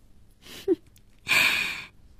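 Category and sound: human body sound, heavy panting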